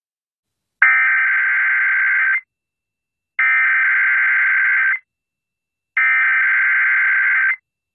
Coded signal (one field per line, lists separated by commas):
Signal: Emergency Alert System (SAME) tones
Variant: header bursts